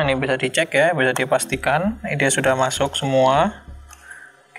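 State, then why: Seated. Someone talks while the keyboard ribbon cable of a Lenovo ThinkPad E430 laptop is fitted into its motherboard connector during a keyboard replacement. A faint tick comes at 3.9 s, then a sharp click at 4.6 s as the connector latch closes and locks, seating the cable.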